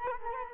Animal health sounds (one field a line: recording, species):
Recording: mosquito wingbeat signal from an infrared sensor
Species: Culex quinquefasciatus